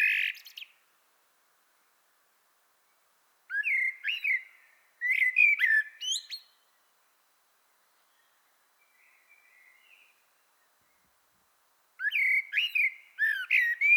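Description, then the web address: Common blackbird song: several separate fluty warbled phrases with high twittery squeaks, separated by pauses of a few seconds. "pub SETE data Turdus merula"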